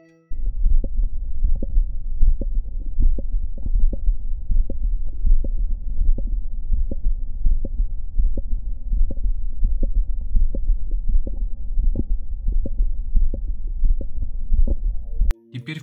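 Adult heart heard by stethoscope with the patient standing, at about 82 beats per minute: a stable, loud mid-systolic click from mitral valve prolapse. In this patient no abnormal sounds are heard lying down.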